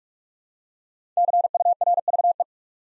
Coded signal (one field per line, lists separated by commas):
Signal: Morse code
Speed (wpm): 44 wpm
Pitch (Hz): 700 Hz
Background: none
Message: CURVE